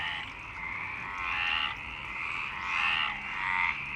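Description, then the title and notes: Frogs calling in a dense chorus, overlapping rattling croaks with swelling pulses roughly every one to two seconds, no other clear sounds. Frogs in Parc Longchamp, Marseille, Provence-Alpes-Côte d'Azur, France, 26 March 2011, 19:35; recorded with a MixPre-6 and Basic UCHO microphones. "Marseille, Provence-Alpes-Côte d'Azur, France - 26_03_11_19_35 Longchamps_004 grenouilles. Grenouilles au parc de Longchamp MIXPRE 6 + BASIC UCHO"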